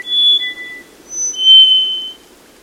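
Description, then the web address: Black-faced solitaire song of clear, ringing whistled tones, several pure notes at different pitches, over quiet background noise. Eerie, gorgeous song in wet mountain forests of Costa Rica; slate-gray bird singing while moving furtively in dense understory, hard to locate because it moves to protect itself. "Birdnote. Black faced Solitaire Elusive Singer"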